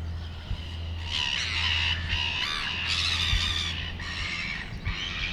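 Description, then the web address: Gull calls, harsh and wavering, given in a run of overlapping cries over a steady low engine drone. Recorded at sea near Port Chalmers in 2018. "travelogue 2018 Port Chalmers sea. gulls"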